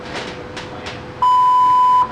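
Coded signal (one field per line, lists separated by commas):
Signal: radio time signal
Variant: WWV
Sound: noisy rustling with soft whooshes, then one loud steady 1 kHz beep, under a second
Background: background noise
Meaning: The tone marks the exact time given in the voice announcement just before it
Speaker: at the tone 78 hours 4 minutes work needed universal time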